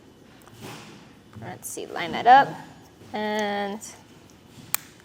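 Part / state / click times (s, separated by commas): bike cadence/speed sensor pod into its housing / seated / 4.7 s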